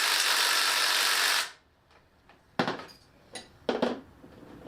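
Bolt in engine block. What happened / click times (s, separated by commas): The bolt thread stripped on removal / none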